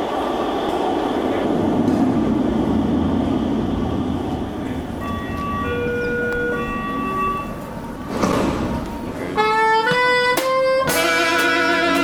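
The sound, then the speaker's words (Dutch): A RET metro train on line B (Nesselande to Hoek van Holland), on the line's official opening day, rumbles in and slows with thin, wavering brake squeals, then a burst of air and a loud, steady electronic tone sounds as it stops. “Elk moment kan die aankomen.”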